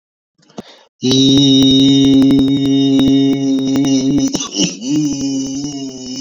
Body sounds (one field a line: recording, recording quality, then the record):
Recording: sustained vowel as in beet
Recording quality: moderate, slight background noise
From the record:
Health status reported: exposed to COVID-19, no respiratory illness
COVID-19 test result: not tested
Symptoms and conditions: cough, cold, sore throat, fever, muscle pain, diarrhoea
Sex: male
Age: 29 years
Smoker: not ticked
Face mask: not worn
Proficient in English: yes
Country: India